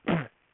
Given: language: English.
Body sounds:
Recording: throat vibration sensor signal played as sound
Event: throat clearing

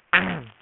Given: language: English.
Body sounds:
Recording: throat vibration sensor signal played as sound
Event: throat clearing

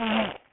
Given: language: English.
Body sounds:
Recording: throat vibration sensor signal played as sound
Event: throat clearing

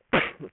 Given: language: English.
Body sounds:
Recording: throat vibration sensor signal played as sound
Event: cough

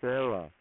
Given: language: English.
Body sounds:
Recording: throat vibration sensor signal played as sound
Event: speech

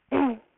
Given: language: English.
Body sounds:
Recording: throat vibration sensor signal played as sound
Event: throat clearing

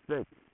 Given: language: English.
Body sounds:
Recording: throat vibration sensor signal played as sound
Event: speech

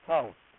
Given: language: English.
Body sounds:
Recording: throat vibration sensor signal played as sound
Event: speech

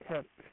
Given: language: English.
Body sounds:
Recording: throat vibration sensor signal played as sound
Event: speech

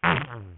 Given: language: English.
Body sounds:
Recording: throat vibration sensor signal played as sound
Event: throat clearing

